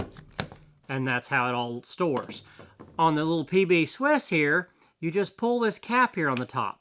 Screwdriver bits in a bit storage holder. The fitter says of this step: and they pop out